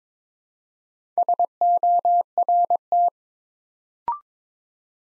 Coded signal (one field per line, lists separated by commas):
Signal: Morse code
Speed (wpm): 22 wpm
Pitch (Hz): 700 Hz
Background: none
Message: SORT